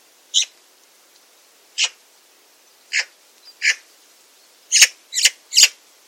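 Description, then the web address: Bird calls: sharp, high notes at first widely spaced, then quickening into a tight run of three near the end. "cianscape birddata Deverinetal 2025"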